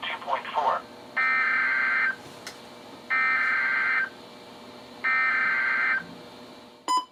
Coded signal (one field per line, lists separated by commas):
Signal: Emergency Alert System (SAME) tones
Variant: header bursts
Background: speech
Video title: EAS #1099-#1101: Virginia & West Virginia Statewide Tornado Drills | KHB36 & WXM42